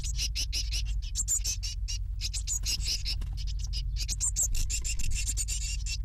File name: Blue tit (Cyanistes caeruleus) chicks being fed